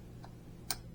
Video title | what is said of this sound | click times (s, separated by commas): OBS LS Swap 6an fuel lines made easy. | you heard the snap | 0.7 s